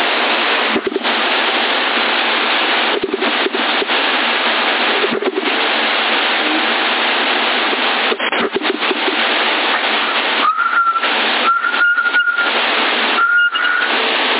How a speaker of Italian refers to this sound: Il fischio lo conosco, chi è?